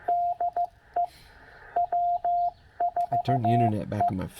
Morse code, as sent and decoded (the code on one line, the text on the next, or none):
-.. . / .-- ....- .
DE W4E